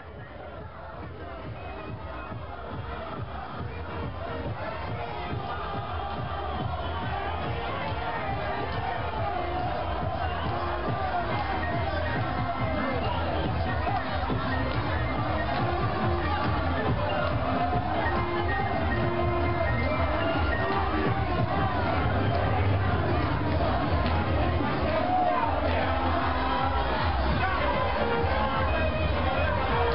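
A packed bar at night buzzes with overlapping voices and crowd babble, steady and dense, swelling slightly louder over the first several seconds.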